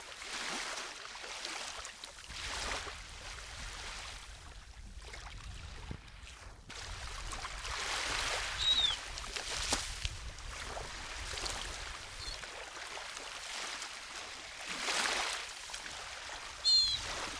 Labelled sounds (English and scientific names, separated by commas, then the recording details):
Black-headed Gull (Chroicocephalus ridibundus) call
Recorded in the wild
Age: diverse
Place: Stubbenfelde, Insel Usedom, Mecklenburg-Vorpommern, DE
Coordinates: 54.0286, 14.0319
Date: 1983-09-16 17:30
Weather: overcast, 17°C
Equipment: Nagra SN, Sennheiser MKH 416T (Automatik), Kopie Uher 4000 Report Monitor
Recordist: Tembrock, Günter